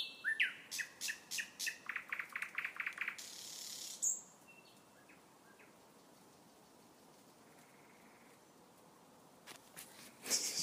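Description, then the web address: Common nightingale song: a rapid series of repeated sharp clicking notes, then a pause with faint scattered notes and a final burst. Recorded at Star City. "rossignol chant de rossignol a star city"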